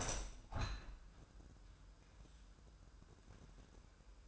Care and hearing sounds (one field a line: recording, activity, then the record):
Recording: daily activity, microphone in the room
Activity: open window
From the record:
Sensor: 2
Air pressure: 998.0 hPa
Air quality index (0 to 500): 148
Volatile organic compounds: 4 ppm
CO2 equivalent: 1679 ppm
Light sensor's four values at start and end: 9/28/11/11 and 9/29/11/11